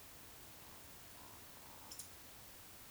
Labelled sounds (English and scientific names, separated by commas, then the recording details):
Eurasian Woodcock (Scolopax rusticola) whistle, Eurasian Woodcock (Scolopax rusticola) croak
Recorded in Baden-Württemberg, Germany, on 19 June 2020 at 20:04 UTC
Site 49006, 684 m above sea level